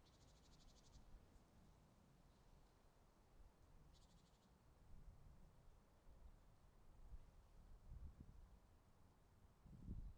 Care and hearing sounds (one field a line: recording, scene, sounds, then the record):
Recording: everyday scene through a hearing-aid microphone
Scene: wind on the microphone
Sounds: wind, traffic, birds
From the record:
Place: suburban garden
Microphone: in the ear canal, right